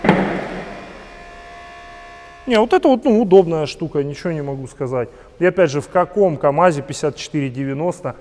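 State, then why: Seated. A tilted truck cab, lowered to horizontal and then dropped, lands with a single sharp metallic hit at 0.1 s as its hydraulic cab locks snap into place, then rings and decays. From about 2.5 s, someone talks.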